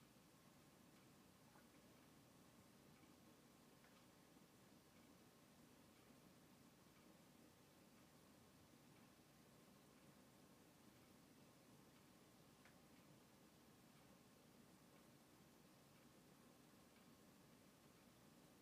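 Eggplant simmering in tomato sauce gives a steady, even hiss that runs unchanged for the whole clip. Faint, irregular little pops and ticks from the bubbling sauce sit on top, a few slightly sharper ones near the start and around twelve seconds.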